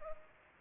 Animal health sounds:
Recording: mosquito wingbeat signal from an infrared sensor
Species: Culex pipiens

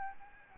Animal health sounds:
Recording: mosquito wingbeat signal from an infrared sensor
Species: Aedes albopictus

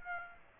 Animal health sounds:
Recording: mosquito wingbeat signal from an infrared sensor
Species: Aedes aegypti

